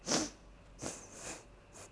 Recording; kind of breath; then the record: one breath in and out by a microphone near the nose and mouth; strong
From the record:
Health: marked as sick, illness not named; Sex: female